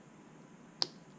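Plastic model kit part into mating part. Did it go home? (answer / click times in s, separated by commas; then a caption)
yes / 0.8 s. Two plastic model kit parts, C14 and C15, are pressed together by hand and snap home. A single sharp, bright click sounds at 0.8 s over quiet background hiss, and the parts are seated.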